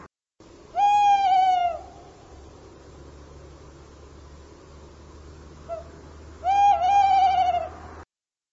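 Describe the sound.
Bird calls: two drawn-out, harmonic-rich notes, each about a second long, spaced roughly five seconds apart, over a low, quiet background.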